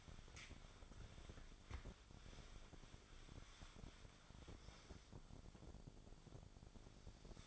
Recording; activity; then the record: daily activity, microphone in the room; wipe stove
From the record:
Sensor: 5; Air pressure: 1007.1 hPa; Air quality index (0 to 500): 174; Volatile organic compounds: 4 ppm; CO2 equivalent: 1664 ppm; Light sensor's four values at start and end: 52/145/57/58 and 53/146/58/58